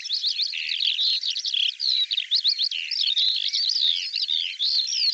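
Bird song in rapid, jumbled phrases of twittering and slurred whistles that rise and fall quickly, delivered almost continuously.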